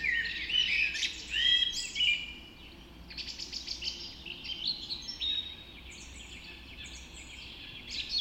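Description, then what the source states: Dawn chorus of birds, whistled phrases and trills layered together, louder early on, then a steady busy tangle of high chirping notes. Dawn chorus recorded just after dawn in the Forest of Dean.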